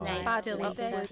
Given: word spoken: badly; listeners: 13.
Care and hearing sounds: one English word in noise, from a listening test; four-talker babble; 0.0 dB; 0 of 13; 6 of 13; 0.72 s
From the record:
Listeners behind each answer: 6, 2, 1, 1, 1, 1, 1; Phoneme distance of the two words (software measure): 14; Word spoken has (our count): 2 syllables, 5 phonemes, stress on syllable 1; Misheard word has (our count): 1 syllable, 3 phonemes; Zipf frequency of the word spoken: 4.63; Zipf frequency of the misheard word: 5.56

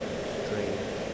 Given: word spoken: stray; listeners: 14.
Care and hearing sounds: one English word in noise, from a listening test; speech-shaped noise; -6.1 dB; 0 of 14; 8 of 14; 0.74 s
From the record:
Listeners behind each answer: 8, 4, 1, 1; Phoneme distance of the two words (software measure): 24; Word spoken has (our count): 1 syllable, 4 phonemes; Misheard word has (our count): 1 syllable, 4 phonemes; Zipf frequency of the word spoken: 3.54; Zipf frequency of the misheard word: 4.04

